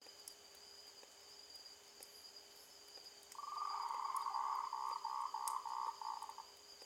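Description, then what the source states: Frog giving a rapid, evenly pulsed croaking trill lasting about three seconds, over steady high hums and faint clicks. Recorded at night on 16 March 2021, around 20:17.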